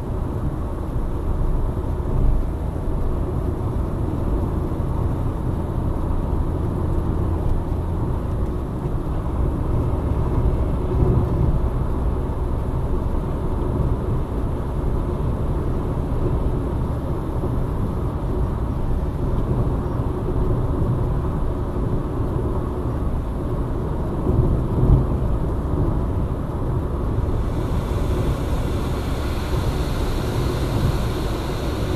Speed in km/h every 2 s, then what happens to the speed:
83, 85, 87, 89, 89, 90, 91, 96, 97, 96, 97, 95, 95, 93, 91, 90.
0-19 speeds up to 97. 19-32 slows to 90.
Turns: none.